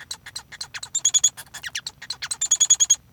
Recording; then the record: song of a male Bengalese finch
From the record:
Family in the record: son of father 1